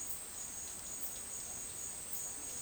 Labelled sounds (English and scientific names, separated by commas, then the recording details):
none
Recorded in secondary vegetation near Puerto Asís, Putumayo, Colombia, on 23 June 2025 at 10:30
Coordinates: 0.499, -76.323
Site G077